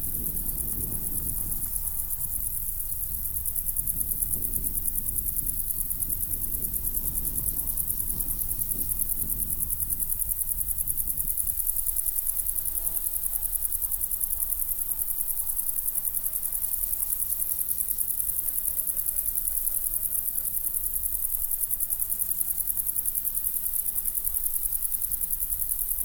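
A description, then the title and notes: Crickets in a windy meadow keep up a thin, steady, very high chirring from start to finish. Low rumbling wind gusts push through the first ten seconds or so, then ease off, leaving the insect hiss almost alone. Windy Cricket Meadow.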